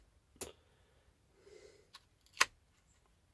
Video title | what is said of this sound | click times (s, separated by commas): babybutcher pocket fixedblade | snaps right in snaps | 2.4 s